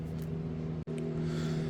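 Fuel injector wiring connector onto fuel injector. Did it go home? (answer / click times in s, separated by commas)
yes / 1.0 s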